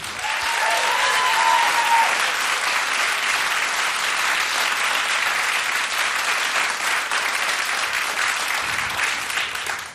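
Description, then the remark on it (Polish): Sustained audience applause for the band at the Agnieszka Osiecka studio of Polish Radio Trójka fills the whole ten seconds, dense, steady clapping at a loud, even level, with a brief whistle near the start and no talking over it. “brawo dla naszego zespołu.”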